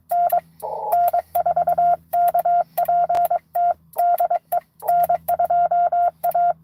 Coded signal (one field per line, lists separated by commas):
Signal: Morse code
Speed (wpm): 23 wpm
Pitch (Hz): 700 Hz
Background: radio noise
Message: N N4KPT DE N2A